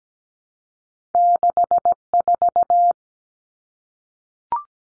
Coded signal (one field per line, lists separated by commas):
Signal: Morse code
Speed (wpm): 17 wpm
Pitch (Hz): 700 Hz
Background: none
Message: 64